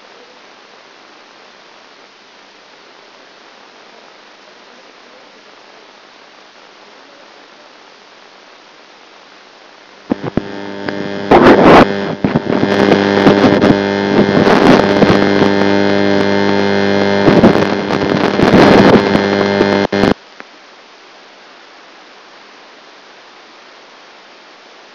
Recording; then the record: brain microelectrode recording played as sound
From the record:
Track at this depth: outside the subthalamic nucleus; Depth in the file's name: 0.006 mm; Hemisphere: left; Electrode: 2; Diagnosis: Parkinson's disease